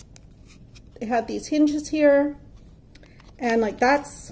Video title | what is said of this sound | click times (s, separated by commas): Unboxing #185 - "Sorceress" Custom Diamond Painting from The Pink Razzberry | you can hear the snap and then they have | 0.0 s, 0.2 s